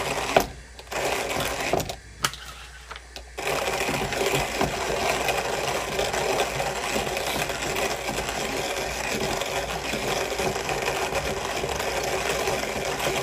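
Coffee beans are ground by hand with a gritty, crunching rasp. The first few seconds stop and start with short pauses, then from about three seconds on the grinding runs steady and dense, with a fine, fast mechanical rattle to the end.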